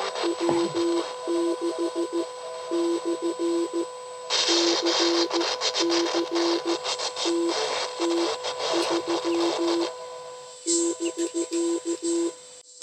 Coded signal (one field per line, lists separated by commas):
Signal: Morse code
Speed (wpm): 14 wpm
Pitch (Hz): 340 Hz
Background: radio noise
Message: W6/CC TT3 <BK>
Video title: SOTA Activation with Lorene’s newly-built Rockmite transceiver